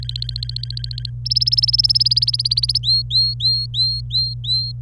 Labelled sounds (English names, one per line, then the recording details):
Domestic Canary song
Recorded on 26 April 2018 at 12:10
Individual llb3